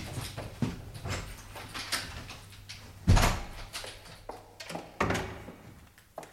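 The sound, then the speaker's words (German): A door is pushed open with a series of wooden bumps and rattles, a heavier thud about halfway through, and a low steady creak humming underneath. No one speaks. “Ach, sehen Sie mal. Seine Tür steht hier offen.”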